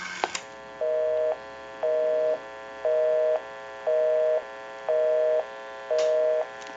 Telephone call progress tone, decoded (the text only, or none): busy tone